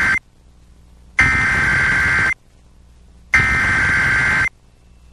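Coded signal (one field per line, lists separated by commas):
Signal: Emergency Alert System (SAME) tones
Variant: header bursts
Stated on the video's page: EAS alerts including Great ShakeOut earthquake drill.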